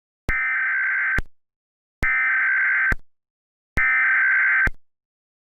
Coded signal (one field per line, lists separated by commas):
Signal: Emergency Alert System (SAME) tones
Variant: header bursts